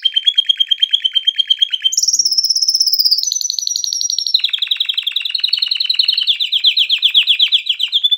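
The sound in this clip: Canary song: a rapid trilled roll, then a high whistled tour that steps downward into fast buzzy rattling phrases, all high-pitched and continuous.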